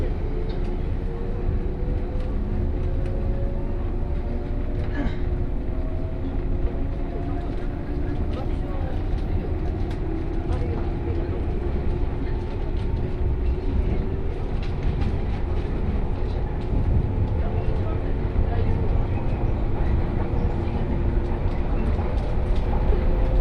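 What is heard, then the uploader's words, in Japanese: A 117 series local train on the Kosei Line runs from Kyoto toward Ono, its steady low rumble filling the whole clip at an even level. Faint whining tones slowly rise and fall through the middle range, with occasional light clicks and rattles along the way. 湖西線普通 京都→小野 117系。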